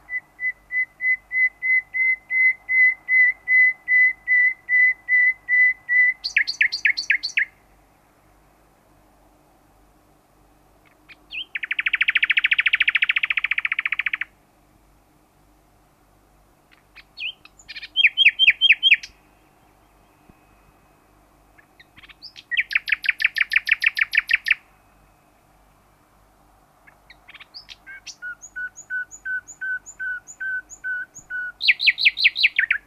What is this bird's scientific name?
Luscinia megarhynchos